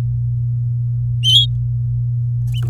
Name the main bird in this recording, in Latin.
Serinus canaria